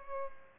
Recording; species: mosquito wingbeat signal from an infrared sensor; Aedes albopictus